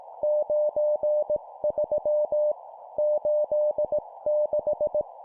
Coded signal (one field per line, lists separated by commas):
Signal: Morse code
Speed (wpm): 18 wpm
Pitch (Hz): 600 Hz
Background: none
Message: 93 86